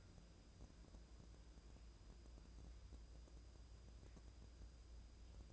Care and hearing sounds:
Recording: daily activity, microphone in the room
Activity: wipe stove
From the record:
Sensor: 2

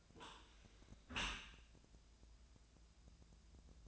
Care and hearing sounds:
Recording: daily activity, microphone in the room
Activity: close dishwasher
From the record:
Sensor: 2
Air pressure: 1000.3 hPa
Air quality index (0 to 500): 166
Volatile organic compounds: 3 ppm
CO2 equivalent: 1379 ppm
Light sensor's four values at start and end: 13/34/13/15 and 13/34/13/15

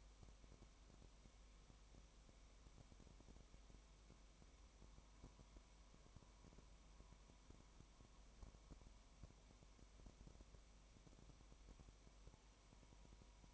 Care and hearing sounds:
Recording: daily activity, microphone in the room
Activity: no activity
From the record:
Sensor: 1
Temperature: 19.1 degrees Celsius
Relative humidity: 34.1%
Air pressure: 1001.3 hPa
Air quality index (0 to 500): 82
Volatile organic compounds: 1 ppm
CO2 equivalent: 821 ppm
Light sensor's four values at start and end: 1/2/1/1 and 1/2/1/1

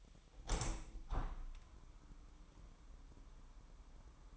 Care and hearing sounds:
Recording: daily activity, microphone in the room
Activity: open window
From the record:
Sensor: 1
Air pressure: 998.6 hPa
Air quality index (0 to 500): 139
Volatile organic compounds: 4 ppm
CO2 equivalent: 1669 ppm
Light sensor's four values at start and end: 11/26/11/13 and 11/26/10/13

